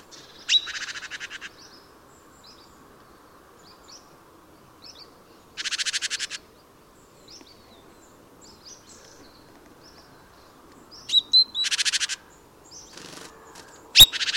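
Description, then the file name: Great tit calls as loud, buzzy churring rattles lasting about a second, repeated irregularly, mixed with sharp high chips and soft twittering notes. "Parus major"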